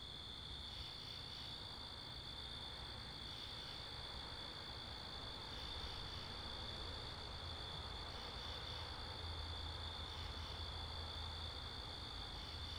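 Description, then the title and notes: Crickets trilling in a steady, unbroken high chorus throughout, with low rumbling of passing cars and wind noise underneath. Wakefield, Rhode Island; 10 October 2021 at 11:35 pm; mics facing northeast; two Rode NTG-3 shotgun mics on a Sound Devices MixPre 10ii; cars and wind also present. "Oct 10th 2021 11:35pm Wakefield, Rhode Island. Crickets, Cars, and Wind"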